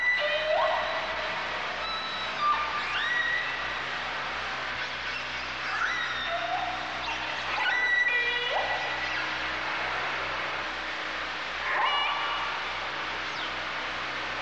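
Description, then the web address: Orca calls, harmonic and upswept, several sliding upward at the end, spaced irregularly a few seconds apart over steady background noise. "kasatka"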